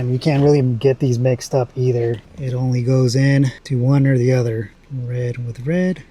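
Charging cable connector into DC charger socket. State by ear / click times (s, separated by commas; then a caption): not seated / none. A red color-matched charging cable connector is handled near the DC socket of a BLUETTI Charger 1 in a Jeep, ready to go red to red, while someone talks throughout. No latch sound is heard; the connector has not seated or clicked yet.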